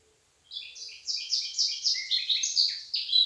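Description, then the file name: Eurasian blackcap singing a fast series of short, scratchy high notes after a moment of silence. "Sylvia atricapilla"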